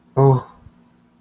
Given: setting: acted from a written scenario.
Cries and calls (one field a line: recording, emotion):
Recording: vocal sound without words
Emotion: distress